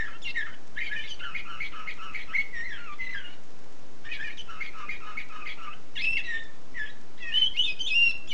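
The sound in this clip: Canary singing in bursts of fast warbled twitters and rolling trills, broken by short gaps, over a steady hiss.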